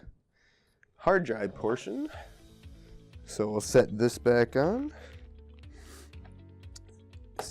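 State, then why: Seated. Someone talks over background music while the plastic bottom cover of an HP Envy Sleekbook 6-1129wm laptop is set back on after a hard drive replacement and pressed down tight onto the chassis. Two sharp snaps of the cover clips come at 6.8 s and 7.4 s, the second one louder, and the cover is seated.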